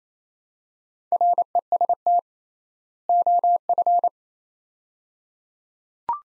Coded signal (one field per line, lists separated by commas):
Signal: Morse code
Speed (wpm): 28 wpm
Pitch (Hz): 700 Hz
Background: none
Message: REST OF